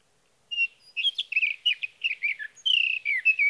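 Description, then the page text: Sage thrasher song bursting in after a brief silence: quick run of warbled, scratchy phrases, ending with a sustained burred whistle and slurred downward notes. Male singing at night near his roost, recorded over three nights from evening June 12 to morning June 15, 2018, Sierra Valley, California, with a Swift recorder. "Sage thrasher songs, through the night. from the evening of June 12 to the morning of June 15, 2018, in Sierra Valley, California"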